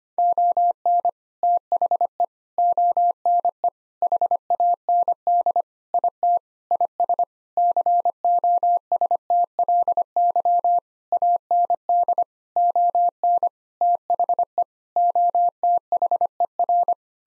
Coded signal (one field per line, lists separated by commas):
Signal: Morse code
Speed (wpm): 25 wpm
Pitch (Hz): 700 Hz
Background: none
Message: ON THE ONE HAND IT IS COSTLY AND ON THE OTHER